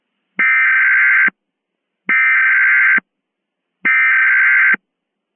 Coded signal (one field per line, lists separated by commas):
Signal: Emergency Alert System (SAME) tones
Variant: header bursts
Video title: EAS Mock: Release Day